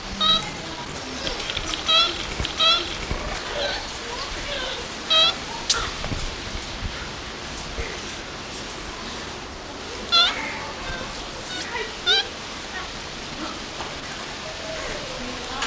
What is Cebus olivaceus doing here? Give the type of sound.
call